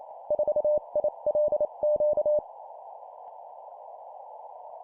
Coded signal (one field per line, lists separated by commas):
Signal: Morse code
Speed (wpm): 28 wpm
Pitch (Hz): 600 Hz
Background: none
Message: 4ILQ